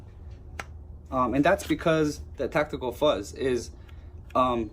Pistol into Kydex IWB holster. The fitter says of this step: is an audible click like a muffled click and